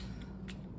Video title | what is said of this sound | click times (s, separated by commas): How To Replace A Ford Focus RS Key Fob Battery | There you go, it snaps right in. | 0.5 s